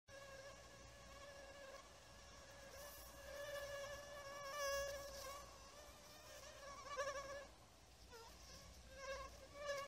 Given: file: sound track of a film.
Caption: Video showing variation of amplitude with time, spectrogram, and automatically identified wingbeat frequency at eachtime window, synchronized with the Anopheles gambiae female mosquito recording.